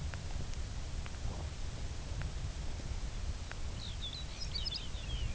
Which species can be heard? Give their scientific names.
Calcarius lapponicus